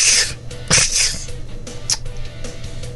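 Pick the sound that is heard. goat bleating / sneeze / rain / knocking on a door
sneeze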